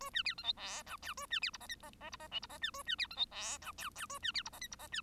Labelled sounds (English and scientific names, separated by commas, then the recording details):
Bengalese Finch (Lonchura striata domestica) song
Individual Bird1